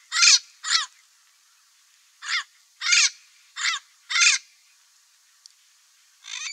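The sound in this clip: Amazon parrot repeating short, harsh squawks in loose pairs and singles, with a brief pause midway and one last call at the end.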